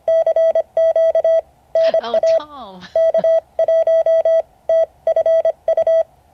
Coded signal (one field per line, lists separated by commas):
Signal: Morse code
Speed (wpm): 25 wpm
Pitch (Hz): 650 Hz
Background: speech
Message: CQ NA K1TFU